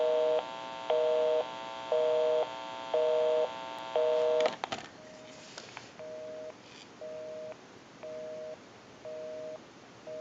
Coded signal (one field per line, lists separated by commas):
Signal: telephone call progress tone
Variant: North America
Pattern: busy tone